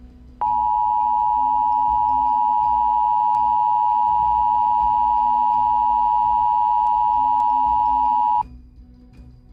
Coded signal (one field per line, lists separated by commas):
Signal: Emergency Alert System (SAME) tones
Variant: 853 and 960 Hz attention tone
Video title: Area 51 Raid EAS Scenario - Part 2